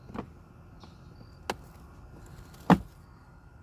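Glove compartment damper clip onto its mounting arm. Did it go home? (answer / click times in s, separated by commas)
yes / 2.7 s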